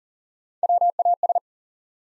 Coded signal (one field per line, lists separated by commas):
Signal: Morse code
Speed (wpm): 40 wpm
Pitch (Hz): 700 Hz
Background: none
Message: WAS